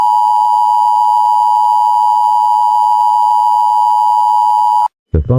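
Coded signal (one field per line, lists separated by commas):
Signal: Emergency Alert System (SAME) tones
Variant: 853 and 960 Hz attention tone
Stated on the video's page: Fictional EAS scenario.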